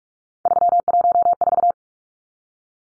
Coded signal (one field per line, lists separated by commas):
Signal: Morse code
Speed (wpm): 44 wpm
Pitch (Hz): 700 Hz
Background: none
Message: 314